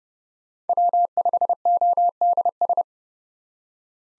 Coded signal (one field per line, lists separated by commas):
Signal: Morse code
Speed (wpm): 30 wpm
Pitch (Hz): 700 Hz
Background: none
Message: W5ODS